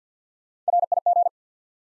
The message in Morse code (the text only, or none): RIG